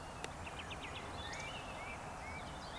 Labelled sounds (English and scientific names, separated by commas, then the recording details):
Eurasian Woodcock (Scolopax rusticola) whistle
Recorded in Baden-Württemberg, Germany, on 3 June 2021 at 19:31 UTC
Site 45499, 200 m above sea level